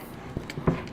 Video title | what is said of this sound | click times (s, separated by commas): Stevens 320 Takedown and Cleaning | then start to hear it click and | 0.5 s, 0.7 s